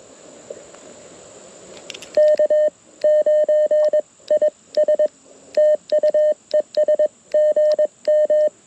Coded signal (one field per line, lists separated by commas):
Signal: Morse code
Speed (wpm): 22 wpm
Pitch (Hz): 590 Hz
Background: none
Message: K9IS TU ES GM